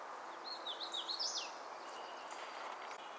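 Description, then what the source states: Hooded warbler delivering a single quick whistled phrase of rolling notes that climbs and then drops sharply, followed by quiet background hiss. Lake Crabtree, 16 April 2018.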